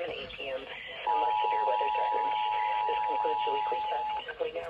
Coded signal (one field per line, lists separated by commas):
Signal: Emergency Alert System (SAME) tones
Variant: 853 and 960 Hz attention tone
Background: speech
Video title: MARGINAL INSANITY 3: KEY WEST CHAOS - EAS Alerts From 9/24/23 - 9/27/23 (EAS #963-988)